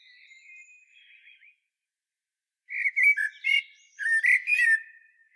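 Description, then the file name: Common blackbird singing soft wavering whistles, pausing, then delivering loud rich warbled notes mixed with high squeaky twittering. "Turdus merula"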